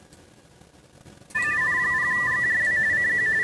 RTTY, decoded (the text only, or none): N0GJW CQ